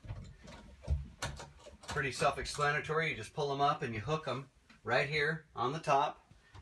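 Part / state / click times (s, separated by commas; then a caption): small securing hook latching onto the folded trailer top / not seated / none. On a lightweight 2015 Cricket Sport travel trailer, a small securing hook is pulled up and hooked over the top of the folded trailer, a latch meant to add security while towing. Someone talks throughout, with brief handling knocks around 1.2 s and 1.8 s. The hook is handled but not yet home; nothing has clicked down or locked yet.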